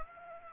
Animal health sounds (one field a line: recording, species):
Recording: mosquito wingbeat signal from an infrared sensor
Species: Aedes aegypti